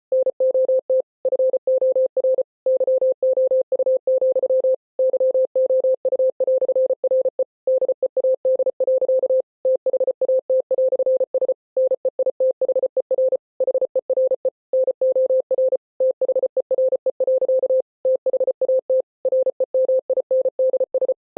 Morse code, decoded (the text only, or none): NOT FOR YOU, YOU"RE DEAD. THAT"S NEITHER HERE NOR THERE. THAT REMINDS